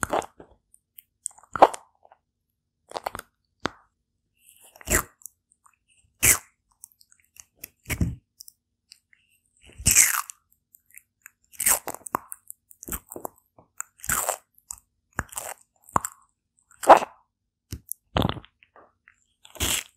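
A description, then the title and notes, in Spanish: A tortoise eats fruit, each bite a short wet crunch or snap. Bites come irregularly, roughly every half second to two seconds, with near silence between them. Asmr Tortuga comiendo. Una tortuga comiendo sandia, cereza, entre otras cosas.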